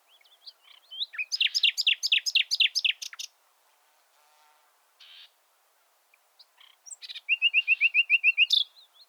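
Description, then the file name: Common nightingale song: a loud rapid trill of descending notes, a short pause with soft sounds, then a fast run of repeated notes. "Luscinia megarhynchos"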